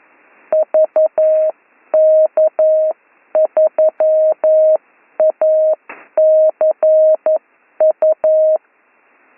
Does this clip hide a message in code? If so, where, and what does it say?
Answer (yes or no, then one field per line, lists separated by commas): yes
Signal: Morse code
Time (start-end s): 0.5-8.6 s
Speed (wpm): 11 wpm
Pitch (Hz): 630 Hz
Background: none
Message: VK3ACU